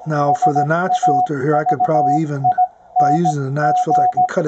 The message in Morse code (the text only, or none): SAVING